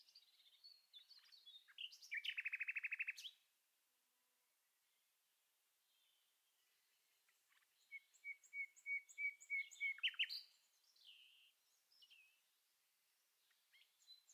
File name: Rossignol philomèle